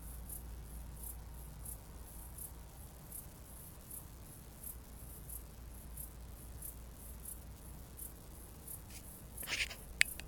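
Cicada call: faint high pulses repeating regularly throughout, with a brief scratchy rustling noise near the end.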